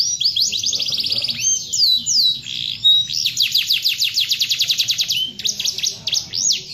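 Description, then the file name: Canary song, a long continuous run of rapid high trills and sweeping whistled notes, fast repeated phrases changing every second or so, with a faint low hum beneath. "kenari"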